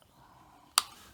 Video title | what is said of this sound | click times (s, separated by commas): DeWALT 18V Drill Brush Replacement Repair | you get it in there going in straight then she pops right in then you see how this is flush all the way around here | 0.8 s